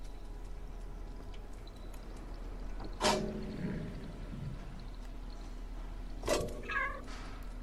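A cat meows twice, a few seconds apart, each a short, fairly high-pitched call over a low, steady background hum. No one speaks.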